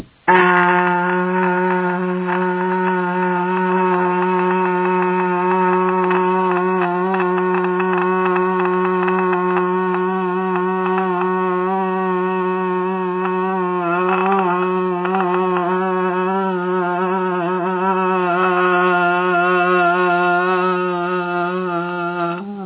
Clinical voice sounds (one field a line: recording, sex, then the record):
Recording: sustained vowel /a/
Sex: female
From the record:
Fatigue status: no fatigue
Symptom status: asymptomatic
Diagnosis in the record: COVID-19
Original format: 3gp